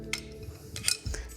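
A mounting plate is clamped into the head clamp of a Suray SVT 75 tripod with an SVH 15 until it locks. Light metallic taps at about 0.1 s and 0.8 s lead to a sharp click at 0.9 s as the plate seats and locks in, followed by a dull thump and a small tap around 1.1 s over a steady low hum.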